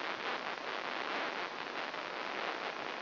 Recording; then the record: brain microelectrode recording played as sound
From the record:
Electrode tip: inside the subthalamic nucleus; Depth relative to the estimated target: -1 mm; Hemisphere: right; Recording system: AlphaMap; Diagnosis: Parkinson's disease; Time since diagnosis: 24 years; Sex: female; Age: 57 years